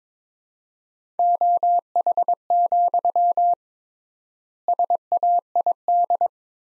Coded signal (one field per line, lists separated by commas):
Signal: Morse code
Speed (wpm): 22 wpm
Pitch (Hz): 700 Hz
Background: none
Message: OH, SAID